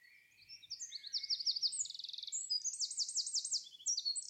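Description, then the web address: Bird song: a steady flow of high, rapid trills and quick repeated buzzy notes, loud throughout and hardly pausing. "cianscape birddata Deverinetal 2025"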